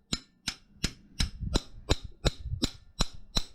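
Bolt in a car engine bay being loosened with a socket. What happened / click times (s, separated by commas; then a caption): A socket or ratchet clicks over repeatedly, as if slipping on a stripped bolt head / 1.9 s, 2.3 s, 2.6 s, 3.0 s, 3.4 s. A bigger socket turns a bolt in the engine bay of a 1996 Volvo 850 Turbo while fixing a coolant leak, producing a steady run of sharp, light clicks about every 0.37 s from 0.1 s onward. The clicks at 1.9, 2.3, 2.6, 3.0 and 3.4 s are the socket slipping as the bolt head strips out.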